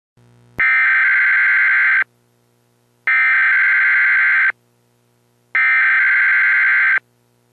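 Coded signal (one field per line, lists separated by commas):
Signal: Emergency Alert System (SAME) tones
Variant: header bursts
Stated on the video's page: Required daily test.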